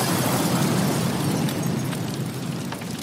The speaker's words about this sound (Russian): Сверху послышался быстро нарастающий гул. Я вскинул голову. Похоже, опять метеорит. Не до конца опознанный объект прочертил огненную дугу и рухнул справа от дома.